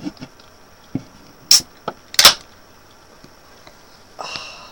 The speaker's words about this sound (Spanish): El momento oficial del destape de la cerveza austral del día de hoy.